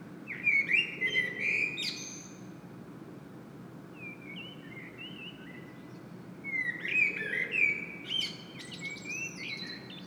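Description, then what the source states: Common blackbird song: rich, varied whistled phrases break into high chattering trills, sung in several bursts with short pauses between them, over low background noise. Singing in Saint-Gilles, Belgium; Sony PCM-M10 internal microphone.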